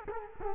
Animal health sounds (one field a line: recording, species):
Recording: mosquito wingbeat signal from an infrared sensor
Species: Culex quinquefasciatus